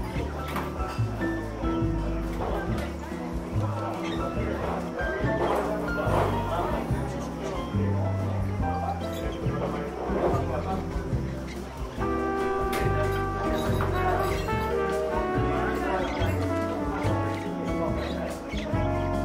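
Seaside cafe ambience with steady chatter of voices over a dense, unbroken bed of sound. Soft music with a thumping low line runs throughout, while brief clinks and a dog's bark or two pop up now and then.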